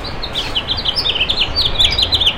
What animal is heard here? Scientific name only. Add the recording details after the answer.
Haemorhous mexicanus. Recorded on Long Island, New York, on 7 June 2011. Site MV. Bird C